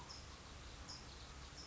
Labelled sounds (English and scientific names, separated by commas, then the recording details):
California Towhee (Melozone crissalis)
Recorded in Sonoma County, California